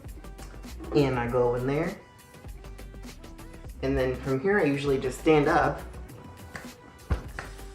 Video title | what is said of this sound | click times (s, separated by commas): Its Friday Show | and then you can hear it clicking into place | 6.6 s, 7.4 s